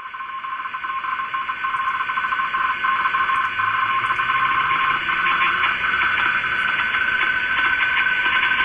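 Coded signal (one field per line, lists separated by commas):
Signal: RTTY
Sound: continuous two-tone warbling teleprinter signal alternating rapidly between two pitches, under steady hiss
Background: radio static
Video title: Icom IC 9100 - Rtty - Sorcerer 1.1 - 147 khz - DWD See Wetterdienst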